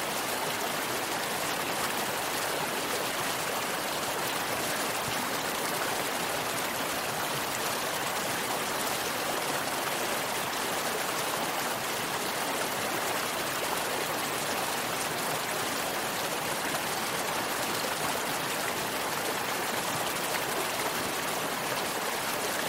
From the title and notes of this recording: River Rapids Serenity.